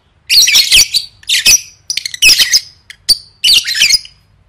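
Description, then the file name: Lovebird squawks: loud, rasping bursts in several separate groups, mixed with brief sharp chirps. "tieng vet mau don"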